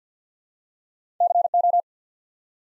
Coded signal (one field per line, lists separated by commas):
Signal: Morse code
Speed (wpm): 47 wpm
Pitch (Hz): 700 Hz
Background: none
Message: CO